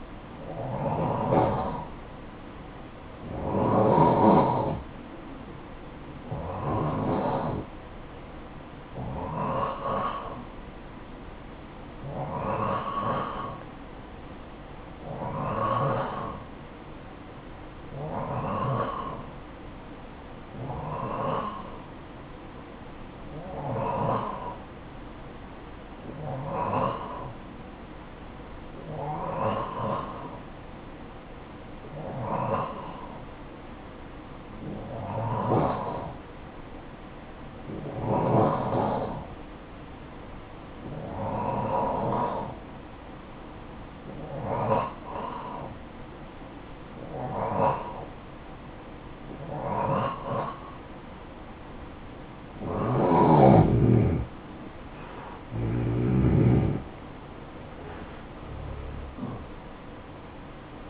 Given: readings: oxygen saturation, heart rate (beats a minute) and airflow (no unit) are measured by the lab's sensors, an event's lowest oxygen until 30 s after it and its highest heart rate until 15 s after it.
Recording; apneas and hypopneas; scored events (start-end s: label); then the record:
breathing in sleep by a voice recorder at the bedside; 1
23.00-55.00 s: hypopnea (N2, oxygen 90% highest, then 89% lowest, heart rate 55 at the start, 73 highest)
59.00-60.90 s: new sleep stage, N1 (lightest sleep)
From the record:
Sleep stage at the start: N2 (light sleep); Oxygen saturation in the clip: 89 to 91%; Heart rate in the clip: 53 to 73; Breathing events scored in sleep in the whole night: 573 in 9.8 hours asleep